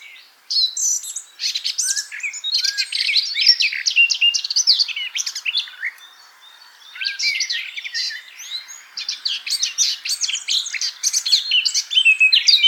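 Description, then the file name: Eurasian blackcap in two bursts of hurried, chattering warble with bright whistled slurs, separated by a quieter lull around the middle. "Sylvia atricapilla"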